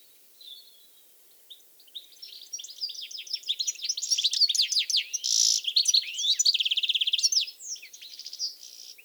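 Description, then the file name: European goldfinch twittering song, starting with a few thin notes, then building into a dense tumble of bright chirps, a harsh buzzy note and quick rattling trills. "Carduelis carduelis"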